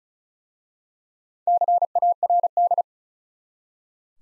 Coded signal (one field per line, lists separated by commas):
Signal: Morse code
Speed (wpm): 36 wpm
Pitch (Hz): 700 Hz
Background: none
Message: CARD